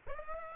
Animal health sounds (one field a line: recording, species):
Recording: mosquito wingbeat signal from an infrared sensor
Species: Aedes aegypti